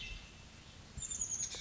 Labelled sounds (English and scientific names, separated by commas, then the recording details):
Chestnut-backed Chickadee (Poecile rufescens)
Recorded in Sonoma County, California